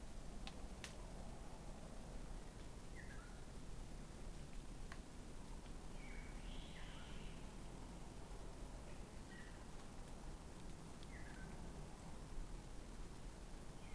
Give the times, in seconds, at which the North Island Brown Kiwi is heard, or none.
none